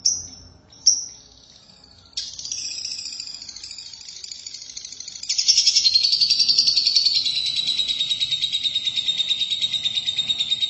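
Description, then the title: Lovebird song: two sharp high chirps, then a long rapid buzzy chatter that grows louder and slowly sinks in pitch toward the end. "Suara Burung Lovebird"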